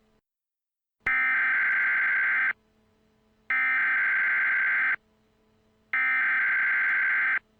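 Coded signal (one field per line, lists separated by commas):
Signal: Emergency Alert System (SAME) tones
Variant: header bursts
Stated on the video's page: Fictional EAS scenario.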